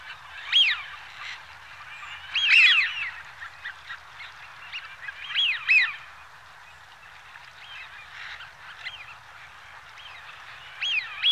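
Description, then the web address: Eurasian wigeon flock giving loud rising-then-falling whistles over softer whistling from many more birds. Large flock of Eurasian wigeons. "BBC Sound Effects Library. Wigeon (Anas Penelope)"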